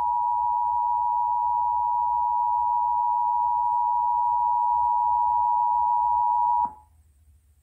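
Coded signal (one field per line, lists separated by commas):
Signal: Emergency Alert System (SAME) tones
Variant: 853 and 960 Hz attention tone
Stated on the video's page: Test tornado watch and warning drill alerts from the 2018 Iowa Severe Weather Awareness Week, received on TV and radio.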